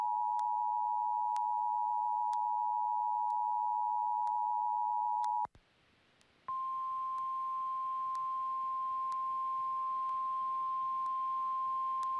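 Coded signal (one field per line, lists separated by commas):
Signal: Emergency Alert System (SAME) tones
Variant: 853 and 960 Hz attention tone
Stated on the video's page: Real flood warning EAS activations, personally recorded off air.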